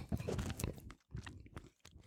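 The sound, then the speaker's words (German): Soft, moist chewing of bread, with irregular mouth sounds and small crunches coming in a few bursts separated by brief pauses. “Habe ich ein bisschen Brot gegessen.”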